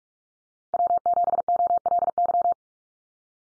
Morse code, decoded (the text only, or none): W7OLY